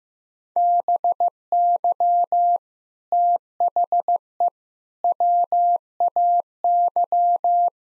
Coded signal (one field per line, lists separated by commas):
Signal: Morse code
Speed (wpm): 15 wpm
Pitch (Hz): 700 Hz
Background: none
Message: BY THE WAY